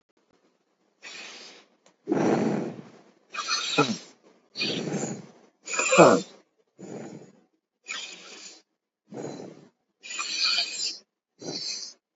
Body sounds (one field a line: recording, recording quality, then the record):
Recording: deep breathing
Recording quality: excellent, no background noise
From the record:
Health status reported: healthy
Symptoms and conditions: none ticked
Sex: male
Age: 28 years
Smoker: not ticked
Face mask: not worn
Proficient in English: yes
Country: India